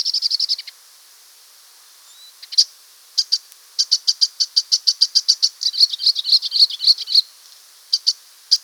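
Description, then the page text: Icterine warbler singing high, rapid repeated chattering notes in bursts, with brief pauses and a jumble of squeaky, varied notes toward the end. "Icterine Warbler Song. Quick Sounds"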